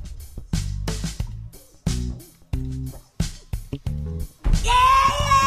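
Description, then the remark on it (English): A series of short, harmonic bleats in uneven bursts, ending in a loud, sustained, piercing goat scream. “Yeah, I like that goat.”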